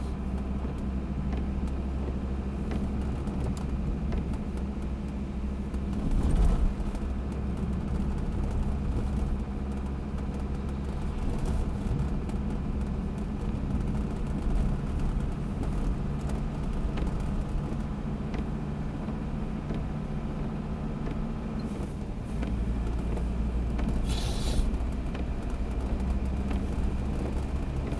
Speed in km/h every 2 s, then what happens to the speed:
47, 49, 49, 49, 49, 49, 52, 51, 52, 52, 56, 57, 61, 64.
0-18 steady at about 49. 18-28 speeds up to 64.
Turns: none.